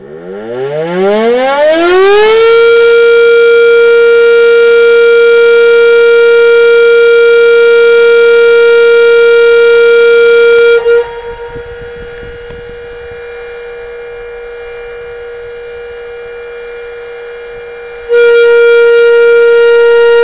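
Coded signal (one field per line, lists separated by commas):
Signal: coded fire alarm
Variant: FedelCode code-wheel siren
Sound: siren winds up to a steady wail, then drops out for several seconds and sounds again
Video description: The code wheel was set for 2 rounds in the Alarm Office.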